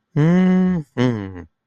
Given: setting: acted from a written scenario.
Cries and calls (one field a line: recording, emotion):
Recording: vocal sound without words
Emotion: contentment